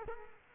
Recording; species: mosquito wingbeat signal from an infrared sensor; Culex quinquefasciatus